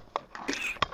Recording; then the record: coughing mixed with background sound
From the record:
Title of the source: 64 coughing, allergies, singing lungs